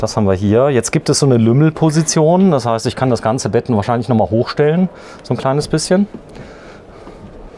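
A folding bed/table section is handled in a camper van interior, about to go back up into its mount. Someone talks for most of the clip, followed by quieter rustling near the end. Nothing has seated or clicked yet, because the clip ends before the part snaps into place.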